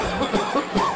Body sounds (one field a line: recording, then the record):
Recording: coughing mixed with background sound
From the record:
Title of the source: Spring Allergy Coughing